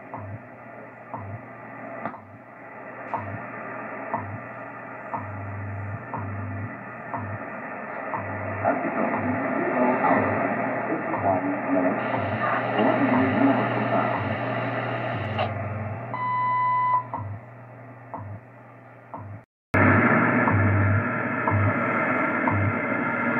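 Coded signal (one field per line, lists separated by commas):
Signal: radio time signal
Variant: WWV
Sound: static-filled shortwave hiss with faint once-per-second ticks and a low pulsing hum, fading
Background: radio static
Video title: WWV SIGNAL ON THE YAESU FT-2000 AND RECEIVING FADE FROM GRAYLING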